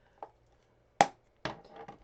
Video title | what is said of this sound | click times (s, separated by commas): PRAIRIE GRASS SILHOUETTE CARDS 7-7-2025 | And when you shut your cases, you want to hear that snap, but they're not completely shut. | 1.0 s